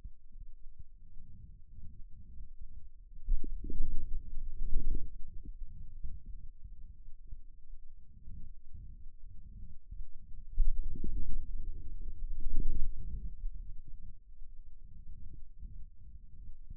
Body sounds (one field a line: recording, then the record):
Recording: forearm muscle sounds (acoustic myography)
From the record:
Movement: wrist flexion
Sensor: system 2, bracelet of six BSWA MPA416 microphones around the upper forearm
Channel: 2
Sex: male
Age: 22 years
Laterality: right